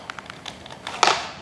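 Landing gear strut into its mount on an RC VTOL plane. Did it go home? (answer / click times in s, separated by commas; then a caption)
partly / 1.0 s. A plastic landing gear strut is pushed into its mount on an RC VTOL plane, with a few faint light ticks before a single sharp snap at 1.0 s. Only that one snap is heard where two were expected, so the strut goes in only partly as intended.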